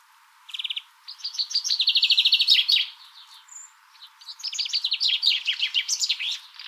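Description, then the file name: Common chaffinch song: two bright phrases of rapid repeated notes, separated by a short pause. "Fringilla coelebs"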